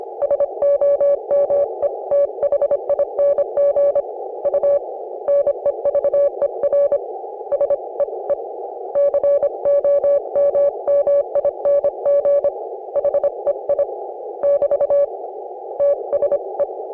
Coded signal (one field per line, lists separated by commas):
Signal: Morse code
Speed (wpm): 26 wpm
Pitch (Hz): 560 Hz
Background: none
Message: SOMETHING U NEVER SEE COMMING HEI <BT> TSE